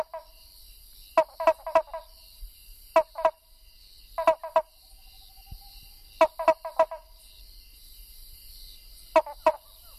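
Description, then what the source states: Cuyaba dwarf frog calls: short pulsed, honking notes given in quick pairs or triplets, groups repeated every one to three seconds, with a steady high-pitched background drone. Recorded 19 October 2008.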